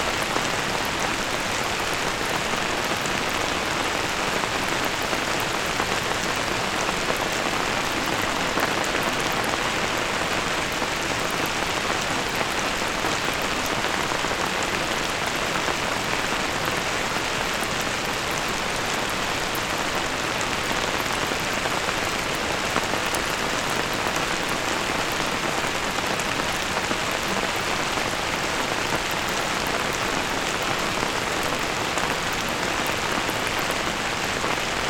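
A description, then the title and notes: Rain patters steadily on an umbrella overhead, a dense, even hiss of drops that stays constant throughout with no pauses. Rain Under The Umbrella. Feel the raindrops as they perform their rhythmic dance on the umbrella's canopy, while subtle 3D environmental sounds add layers of depth.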